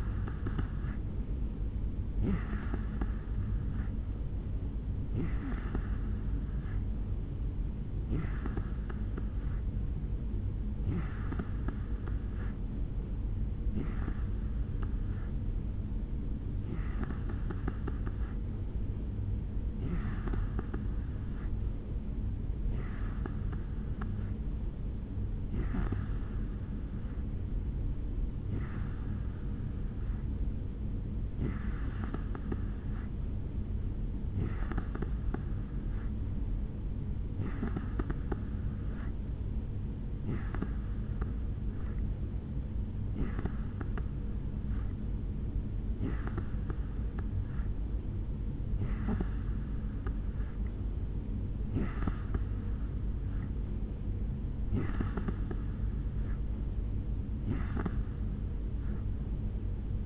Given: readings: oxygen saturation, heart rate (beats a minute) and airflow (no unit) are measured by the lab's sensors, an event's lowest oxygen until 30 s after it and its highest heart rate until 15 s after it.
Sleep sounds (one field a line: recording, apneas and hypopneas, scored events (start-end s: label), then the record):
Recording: breathing in sleep by a smartphone at the bedside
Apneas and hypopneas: 1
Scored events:
19.00-60.05 s: new sleep stage, N2 (light sleep)
24.00-55.60 s: hypopnea (N2, oxygen 89% highest, then 87% lowest, heart rate 71 at the start, 72 highest)
From the record:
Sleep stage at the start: N3 (deep sleep)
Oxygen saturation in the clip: 88 to 89%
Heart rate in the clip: 69 to 73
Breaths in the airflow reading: 21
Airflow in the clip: -3.9 to 2.6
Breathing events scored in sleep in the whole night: 449 in 7.0 hours asleep